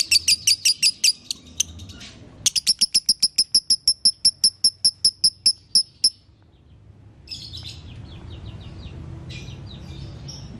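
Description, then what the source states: Lovebird chirping song: quick high notes, then a long evenly spaced series of sharp chirps for several seconds, followed by faint scratchy sounds and quiet. Lovebird in the konslet song style; masteran (song-training) recording.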